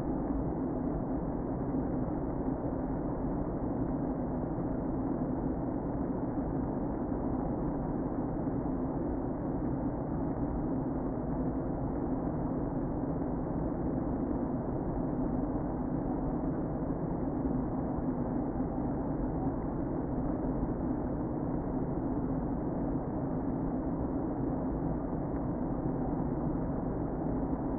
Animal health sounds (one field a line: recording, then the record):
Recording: honeybee colony, microphone inside the hive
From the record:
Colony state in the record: queen present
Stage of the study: before two queens were removed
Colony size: about 60,000 bees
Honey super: yes